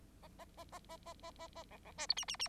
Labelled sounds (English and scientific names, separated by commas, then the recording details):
Bengalese Finch (Lonchura striata domestica) song
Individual Bird9